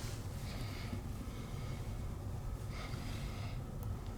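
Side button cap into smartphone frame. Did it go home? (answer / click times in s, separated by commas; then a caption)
no / none. A plastic side button cap is handled against the frame of an LG K51 smartphone during a glass and frame replacement. Steady low rumble runs throughout, with two soft, breath-like hissing swells and a faint brief tick near 3.8 s. The button has not seated or clicked into the frame yet.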